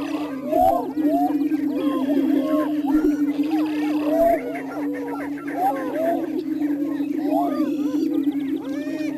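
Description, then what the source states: Greater prairie chickens boom in a low steady drone as many cackles and whoops overlap, with a few faint high chirps and soft thumps. Missouri.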